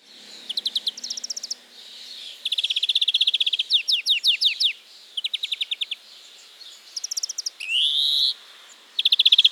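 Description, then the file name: European greenfinch alternating fast twittering trills and downslurred notes in repeated series, with one drawn-out buzzy rising wheeze near the end; a faint low hum early on. "Chloris chloris"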